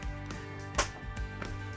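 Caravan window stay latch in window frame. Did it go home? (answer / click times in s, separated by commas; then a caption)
yes / 0.8 s. The window of an MDC XT14E offroad caravan is brought back in after its stay is released, and the stay latch in the window frame clicks sharply at 0.8 s, locking it back into place. Music plays throughout, with softer knocks around 0.3 s and 1.4 s.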